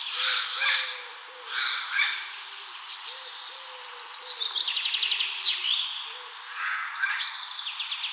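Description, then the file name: Eurasian jay making loud, hoarse screeches, first two pairs close together, then a rapid rattling trill and more rasping notes, with faint low tones beneath. "Garrulus glandarius"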